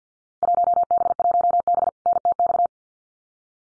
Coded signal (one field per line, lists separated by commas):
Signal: Morse code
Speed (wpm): 50 wpm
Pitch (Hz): 700 Hz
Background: none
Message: 1B1B NTX